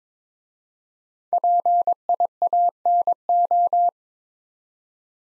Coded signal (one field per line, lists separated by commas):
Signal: Morse code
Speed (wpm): 22 wpm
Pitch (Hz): 700 Hz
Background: none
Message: PIANO